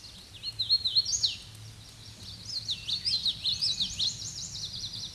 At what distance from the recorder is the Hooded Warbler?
about 10 m